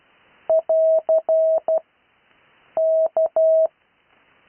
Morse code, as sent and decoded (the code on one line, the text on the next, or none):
.-.-. / -.-
<AR> K